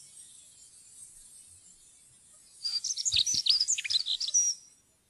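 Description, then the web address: Dunnock giving a single hurried, high-pitched warble of jumbled squeaky notes after a few quiet seconds. "fuglelyder jernspurv"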